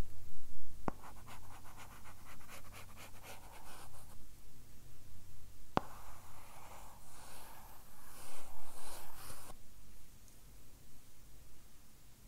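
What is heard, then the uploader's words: A stylus scratches and taps across a tablet screen, with a run of quick, regular strokes in the first few seconds. Two sharp taps land near the start and around six seconds, followed by a longer, denser stretch of hissy scribbling before it quiets. ASMR Drawing You on an iPad.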